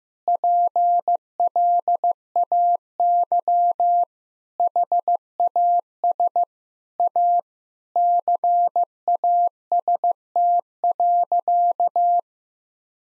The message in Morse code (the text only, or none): PLAY HAS A CAST.